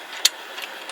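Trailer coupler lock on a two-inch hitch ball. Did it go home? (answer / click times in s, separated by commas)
yes / 0.2 s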